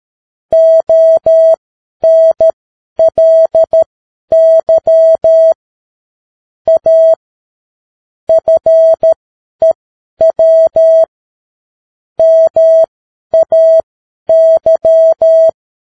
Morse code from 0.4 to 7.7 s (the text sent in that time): ONLY A